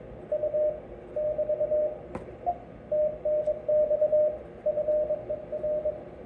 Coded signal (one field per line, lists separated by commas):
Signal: Morse code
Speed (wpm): 23 wpm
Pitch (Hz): 610 Hz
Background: radio noise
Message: U <BT> TNX FER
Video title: Flex Radio 1500 on CW QSO.